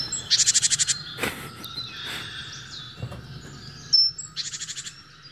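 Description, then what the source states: Great Tit alarm call: two short bursts of rapid, evenly pulsed notes about four seconds apart. Alarm call given in reaction to a sparrowhawk; a lower call used when the hawk is closer than about 30 m, unlike the very high call used at 30–100 m.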